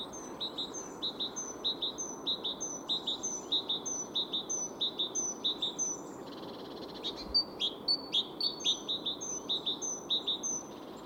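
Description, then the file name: Great tit song: a long, even series of repeated two-note phrases with a thin high overtone, then a slightly changed phrase in the second half, over background hiss. "Parus major"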